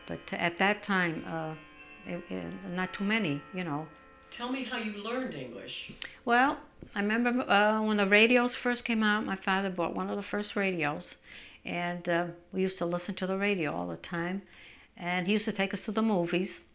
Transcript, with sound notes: But at that time there were not too many. ( chimes sound in the background )
Tell me how you learned English?
Well, I remember when the radios first came out my father bought one of the first radios, and we used to listen to the radio all the time, and he used to take us to the movies.